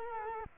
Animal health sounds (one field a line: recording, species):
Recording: mosquito wingbeat signal from an infrared sensor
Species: Culex quinquefasciatus